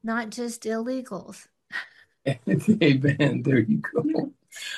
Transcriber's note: laughs